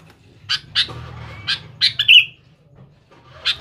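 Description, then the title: Sooty-headed bulbul giving a quick run of sharp, separate chirps that ends in one slurred whistle, then a single chirp after a pause; steady low hum behind. "Kutilang"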